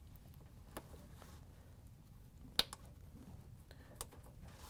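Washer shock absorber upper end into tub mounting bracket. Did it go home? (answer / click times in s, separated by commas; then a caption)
yes / 2.6 s. The upper end of a new plastic shock absorber from a Whirlpool/KitchenAid/Maytag W10739670 kit is lifted into the washer's tub mounting bracket and turned counterclockwise to lock it. Faint ticks and handling noises lead up to a sharp, loud snap at 2.6 s, followed by a few softer ticks. The shock absorber seats and locks into the tub mount.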